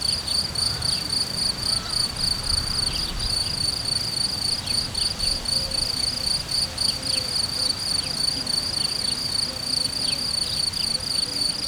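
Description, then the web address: Cricket trills in a constant high pulsing chirr; soft bird notes come and go over a low background rumble. Hortobágy, 2014, in nature. "tucsok. hortobagy"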